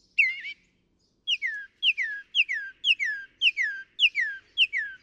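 Northern mockingbird song: one burbling note, then a clear, downward-slurred double whistle repeated about twice per second.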